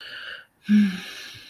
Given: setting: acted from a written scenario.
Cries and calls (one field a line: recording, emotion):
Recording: vocal sound without words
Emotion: shame